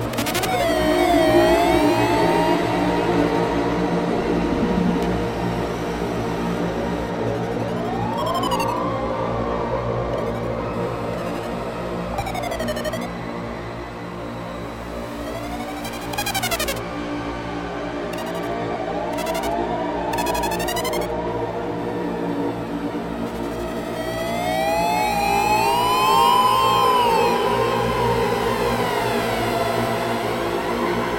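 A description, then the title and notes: Ambient drone music with a steady, low bassy tone running underneath throughout. Above it, gliding tones arc up and down, weaving in and out, with brighter sweeping chirps around 8, 16 and 20 seconds. The level stays even from start to finish. Long-form ambient dronemusic soundscape with binaural beats and tones weaving with underlying bassy tone.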